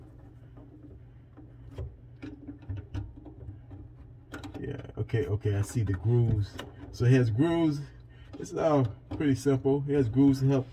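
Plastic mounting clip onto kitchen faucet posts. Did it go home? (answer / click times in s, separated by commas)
no / none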